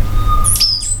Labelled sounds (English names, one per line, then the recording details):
Stitchbird song
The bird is a male
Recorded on Tiritiri Matangi Island, New Zealand, in 2005
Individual 22, of nest box 31